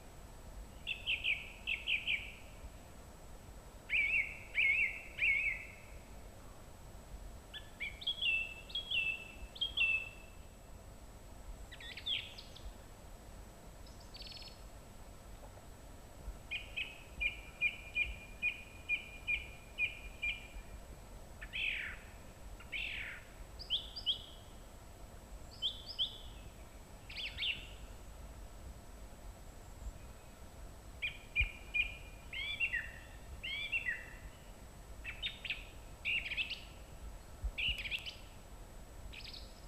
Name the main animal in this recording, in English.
Song Thrush